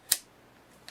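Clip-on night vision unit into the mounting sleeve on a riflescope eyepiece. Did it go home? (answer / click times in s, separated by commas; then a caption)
yes / 0.1 s. A digital night vision clip-on unit is pushed onto the mounting sleeve on a riflescope eyepiece until it finds its spot and seats. One sharp, bright click sounds at 0.1 s. A much fainter tick follows near 0.9 s.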